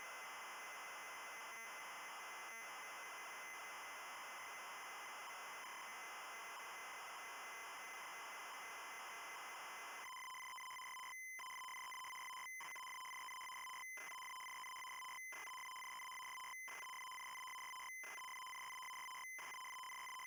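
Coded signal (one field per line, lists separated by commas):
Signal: ZX Spectrum tape loading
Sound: ten seconds of hiss, then harsh buzzing tape data broken by brief steady tones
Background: tape hiss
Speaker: we will load tape copy of 4.2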